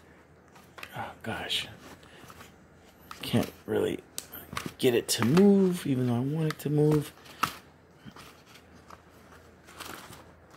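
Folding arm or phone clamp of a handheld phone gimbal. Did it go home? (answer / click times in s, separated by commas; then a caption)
no / none. Someone works one-handed on the folding arm or phone clamp of a DJI Osmo 3 handheld phone gimbal, trying to move the part. Light handling rustles and small sharp taps come through while someone talks, with the loudest snap near 7.4 s. The part is still being handled and nothing has seated or clicked yet.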